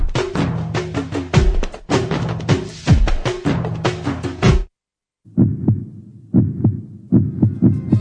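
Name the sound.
heartbeat sound effect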